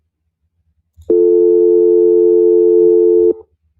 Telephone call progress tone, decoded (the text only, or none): dial tone